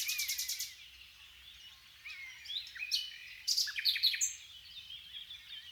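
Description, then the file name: Common nightingale song opens with a rapid pulsed rattle, followed by scattered sweeping whistles and loud clipped phrases. "Luscinia megarhynchos"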